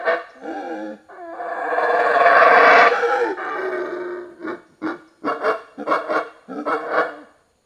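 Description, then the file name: Monkey loud calls: a short opening call, then a drawn-out, roaring harmonic call swelling over about two seconds, then a rapid series of short, harsh barks. Loud calling in forest. "felix blume animal monkey loud calling in forest"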